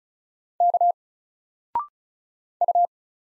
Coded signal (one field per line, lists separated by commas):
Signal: Morse code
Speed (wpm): 36 wpm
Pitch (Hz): 700 Hz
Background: none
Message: K U